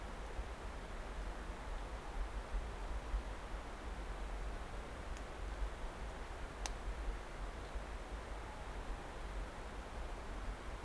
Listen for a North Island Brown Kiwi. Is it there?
no